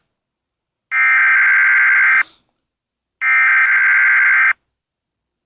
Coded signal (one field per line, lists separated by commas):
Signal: Emergency Alert System (SAME) tones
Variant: header bursts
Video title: My Eas Test